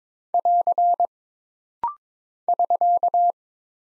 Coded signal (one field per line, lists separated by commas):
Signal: Morse code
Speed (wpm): 22 wpm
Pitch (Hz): 700 Hz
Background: none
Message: <AR> <SK>